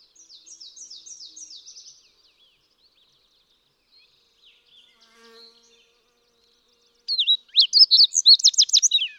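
Fox sparrow song starting after a pause: loud, rapid, rich whistled notes at the end. Earlier, a faint high series of short repeated notes and a brief soft sound.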